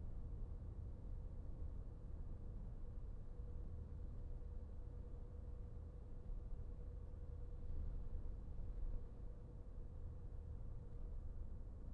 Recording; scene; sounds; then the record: everyday scene through a hearing-aid microphone; in a vehicle; engine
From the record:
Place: VW T5 Caravelle, diesel engine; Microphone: behind the ear, right, rear